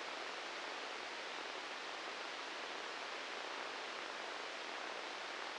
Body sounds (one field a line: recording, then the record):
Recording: brain microelectrode recording played as sound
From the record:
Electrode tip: inside the subthalamic nucleus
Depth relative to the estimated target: 0 mm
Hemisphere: right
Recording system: NeuroSet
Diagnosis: Parkinson's disease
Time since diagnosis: 19 years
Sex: female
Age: 69 years